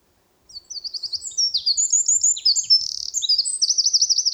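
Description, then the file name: Eurasian wren singing a rapid, high-pitched outpouring of chattering notes and buzzy trills, finishing with an even, rippling trill. "Troglodytes troglodytes"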